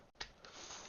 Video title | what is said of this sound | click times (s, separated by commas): VIDEO REVIEW: Transformers Studio Series 86' - Devastator | accordion those so that that all snaps into place | 0.2 s, 0.4 s